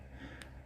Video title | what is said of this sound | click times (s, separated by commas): 1984 G.I. JOE MANTA (MAIL AWAY) REVIEW | and it just snaps right in there this was made out of that | 0.4 s